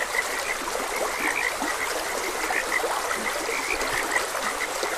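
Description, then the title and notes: Frogs give short, sharp croaks in an unbroken chorus above a gentle background of trickling water. Frogs croaking beside a gentle stream. "Gentle Stream and Frogs Croaking. Sleep and Relaxation Podcast"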